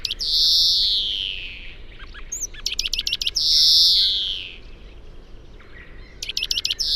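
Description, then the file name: European greenfinch giving long buzzy wheezes that slide downward, twice, separated by bursts of rapid chattering trills and a few short twittered notes. "Chloris chloris"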